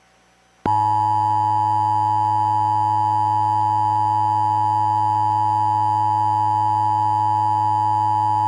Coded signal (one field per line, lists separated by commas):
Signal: Emergency Alert System (SAME) tones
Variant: 853 and 960 Hz attention tone